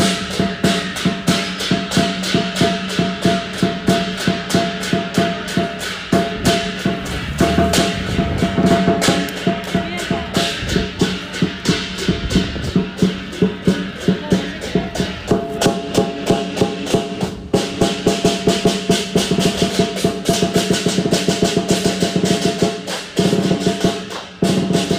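A Chinese community's dragon dance ritual at a small temple, with loud, dense, fast drumming and clashing cymbals pounding steadily throughout.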